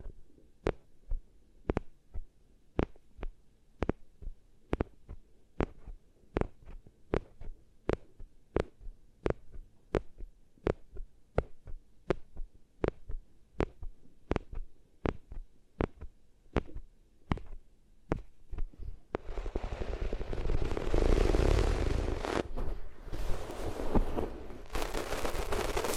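Rubbing against the ears on different materials: for about nineteen seconds, sharp regular thumps land roughly twice a second over a low murmur. Then it switches to a loud, dense, rough scraping that fills everything from deep rumble to hiss until the end.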